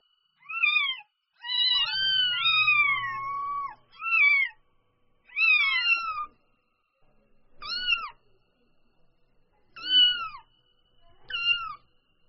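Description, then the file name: Domestic cat: kitten giving a run of several shrill mews, one long and wavering, others short and clipped, with quiet gaps between them. Newborn kitten calling. "Tieng meo con moi de keu"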